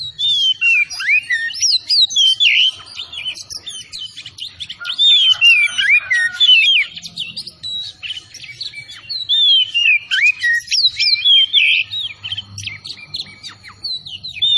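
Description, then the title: Oriental magpie-robin song, a vigorous stream of varied whistles, slurred notes and rapid chirps sung almost without pause, with a faint low hum beneath. Singing vigorously (gacor). "Kacer Tretes"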